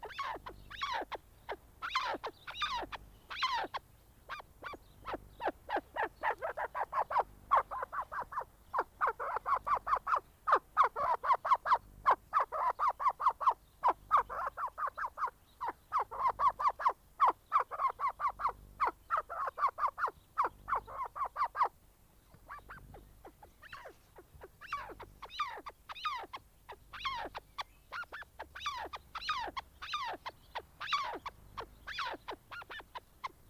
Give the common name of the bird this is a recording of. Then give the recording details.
Arabian Partridge. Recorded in captivity. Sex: male. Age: adult. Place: Tierpark Berlin, Berlin, DE. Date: 1998-03-28 10:27. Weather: bedeckt, ca. 10°C. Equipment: Nagra SN, Kopie Uher 4000 Report Monitor. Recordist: Tembrock, Günter